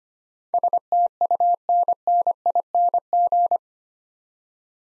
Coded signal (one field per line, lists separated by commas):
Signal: Morse code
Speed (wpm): 25 wpm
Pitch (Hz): 700 Hz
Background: none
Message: STUNNING